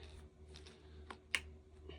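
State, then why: Seated. A hose fitting is pushed tight into its quick-connect coupling on a pump or fitting used with a bucket of water. Over a low steady hum, a few light taps lead up to a sharp click at 1.3 seconds as the fitting seats.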